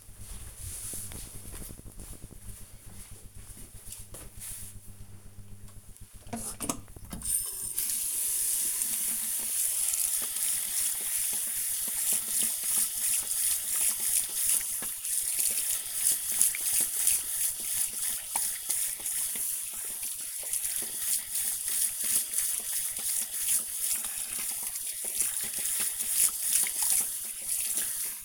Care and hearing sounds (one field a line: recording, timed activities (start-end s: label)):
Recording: household activities, microphone on the right wrist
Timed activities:
5.02-28.25 s: washing hands